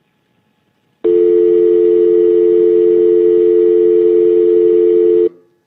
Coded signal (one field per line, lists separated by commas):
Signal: telephone call progress tone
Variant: North America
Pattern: dial tone